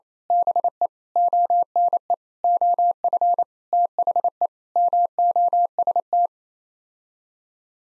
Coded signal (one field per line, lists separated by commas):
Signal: Morse code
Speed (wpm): 28 wpm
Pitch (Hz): 700 Hz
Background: none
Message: BE ONE OF THE MOST